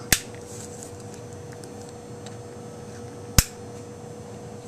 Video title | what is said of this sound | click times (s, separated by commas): Motorola XTS3000 Model III Dis & Reassembly After Checking For Encryption Board | if you don't hear those clicks it's not seated properly | 0.1 s, 3.4 s